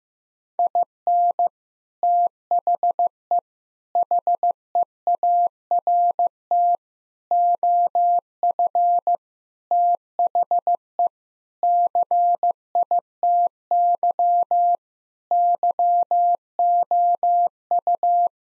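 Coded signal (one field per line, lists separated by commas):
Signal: Morse code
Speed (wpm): 15 wpm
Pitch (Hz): 700 Hz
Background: none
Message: IN THE HEART OF THE CITY YOU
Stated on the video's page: Morse practice sentences containing common three-word phrases at 15 wpm for head copy.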